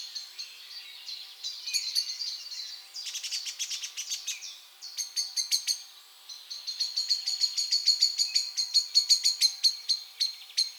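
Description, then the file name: Eurasian blackbird calls: runs of sharp, metallic ticks repeated fast, broken by a brief pause, the last run long and steady. "Turdus merula"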